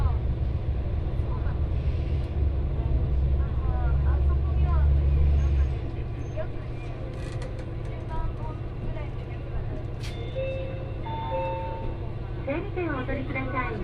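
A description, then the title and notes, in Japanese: A train ride on the Etsumi-Hoku line, carried by a steady low rumble that is heavier for the first six seconds and then eases off. Voices murmur throughout, and a few brief higher tones ring out near the ten-to-twelve-second mark. 耳で楽しむ鉄道旅 越美北線 計石→福井。越前大野からひと山越えた先にある計石からは、足羽川の支流に沿って進み、美山で足羽川と合流します。何度か足羽川を渡りながら一乗谷遺跡のある近くを通りつつ越前花堂で北陸本線に合流して福井を目指します。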